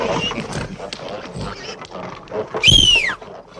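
A herd of pigs grunts and snorts in a dense, rough jumble, then one animal lets out a loud, high squeal that rises and falls over about half a second.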